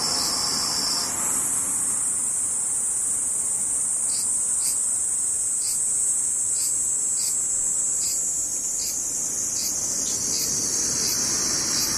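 A cicada drones in a steady, dense, high-pitched buzz, with faint rhythmic ticks pulsing roughly twice a second over a quiet low background.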